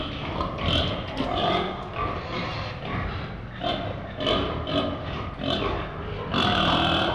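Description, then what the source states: Several pigs grunting, snorting and squealing together in bursts, with a louder squeal near the end over a constant low background rumble. Several pigs in a pen.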